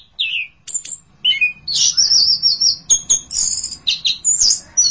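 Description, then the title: Thrush song: a few separate whistled notes at first, then a sustained stream of high, shrill warbled phrases. "burung anis x"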